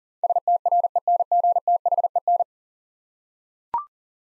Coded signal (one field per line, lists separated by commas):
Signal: Morse code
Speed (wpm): 38 wpm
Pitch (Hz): 700 Hz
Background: none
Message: STRENGTHEN